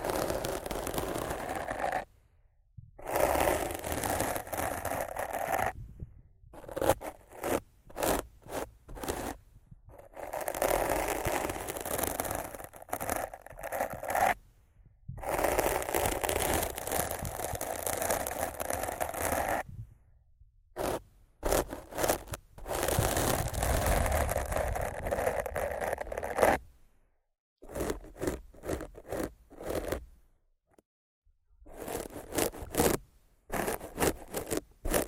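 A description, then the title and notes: Rough scratching and brushing against a microphone, coming in dense bursts of a few seconds each, separated by brief silences. The strokes are gritty and full, spanning low rumble to bright hiss, with quicker, choppier rubbing toward the end. ASMR Rough Mic Scratching & Brushing (No Talking).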